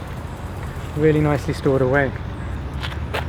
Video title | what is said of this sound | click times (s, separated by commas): KAABO MANTIS 8 REVIEW - 25MPH Electric Scooter for Commuting [Dual Motor + Full Suspension] | then super easy to put back up, that snaps in place. | 2.8 s